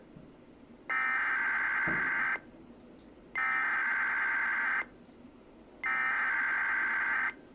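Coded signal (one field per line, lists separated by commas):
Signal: Emergency Alert System (SAME) tones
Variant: header bursts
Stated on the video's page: Southern California Amber Alert.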